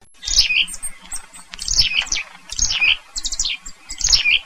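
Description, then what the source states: Black-capped chickadee calls: about five bursts of high, sharp notes dropping into lower buzzy notes. Night flight call.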